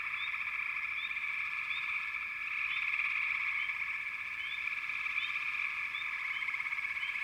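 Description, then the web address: Frog chorus, a dense unbroken trilling drone with short rising chirps popping out above it throughout. "Nature Sounds Sounds of Nature Collection 28 Frog Chourus"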